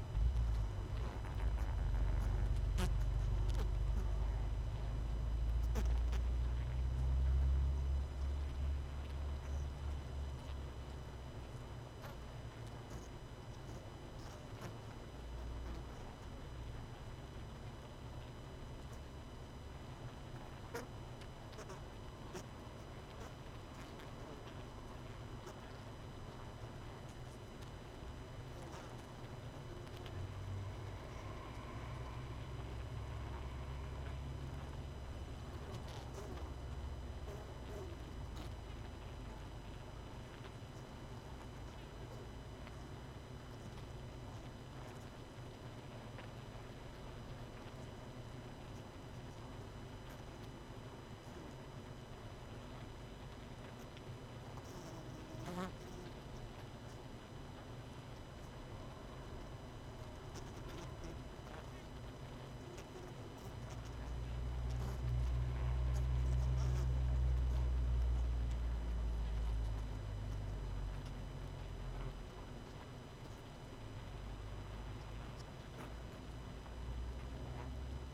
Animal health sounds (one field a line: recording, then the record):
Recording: honeybee colony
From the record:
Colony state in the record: missing queen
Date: 31 May 2018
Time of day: 19:28